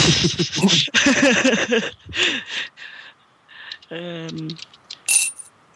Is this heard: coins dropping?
yes